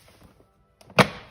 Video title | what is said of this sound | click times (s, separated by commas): Mewant Alcantara Cover and Heated LCI M Sport Steering Wheel Retrofit | ah there we go squeeze that from the side there okay that is locked into place and | 1.0 s